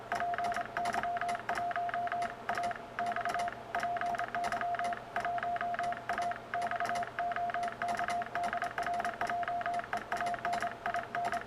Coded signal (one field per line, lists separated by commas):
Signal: Morse code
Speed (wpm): 27 wpm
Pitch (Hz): 690 Hz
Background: none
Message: PY1AX PY1AX OK DR JEAN IN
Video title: A Filosofia dos DX PY!AX